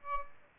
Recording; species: mosquito wingbeat signal from an infrared sensor; Aedes albopictus